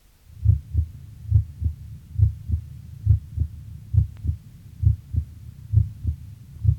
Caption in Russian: Громкость обоих тонов сердца примерно одинакова.